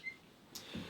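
An empty magazine is put back into a pistol's grip after a dry-fire trigger demonstration. One short, quiet impact is heard at 0.6 s, with low rumbling after it, and the magazine is seated.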